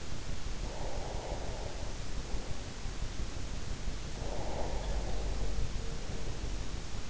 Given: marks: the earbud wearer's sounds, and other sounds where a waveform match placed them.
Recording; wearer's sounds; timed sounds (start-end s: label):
sounds in sleep by an in-ear microphone; breath
0.46-2.04 s: breath
4.05-6.80 s: breath